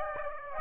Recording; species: mosquito wingbeat signal from an infrared sensor; Aedes aegypti